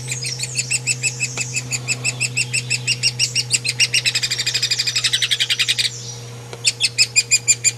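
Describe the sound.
Hairy woodpecker calling in a fast run of sharp, high notes, several per second, quickening midway, pausing briefly, then resuming; a steady low hum underneath.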